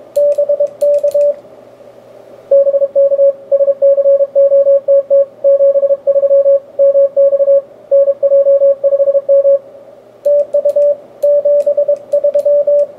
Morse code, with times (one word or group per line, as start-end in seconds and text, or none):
0.2-1.3 BK
2.5-3.3 BK
3.5-5.2 SCOTT
5.4-6.6 73
6.8-7.6 MX
7.9-9.6 NJ5M
10.3-10.9 TU
11.2-12.8 73